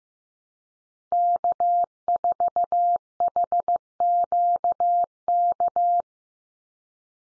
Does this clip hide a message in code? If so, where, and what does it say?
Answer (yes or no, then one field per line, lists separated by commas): yes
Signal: Morse code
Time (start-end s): 1.1-6.0 s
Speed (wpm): 15 wpm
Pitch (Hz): 700 Hz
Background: none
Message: K4HQK